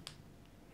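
During refilling, a part of an OKI B2200 toner cartridge is pushed all the way down into the cartridge body. A single sharp click is heard at 0.1 s, and the part is seated in place.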